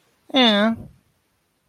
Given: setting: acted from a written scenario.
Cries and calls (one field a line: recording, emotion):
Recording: vocal sound without words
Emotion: neutral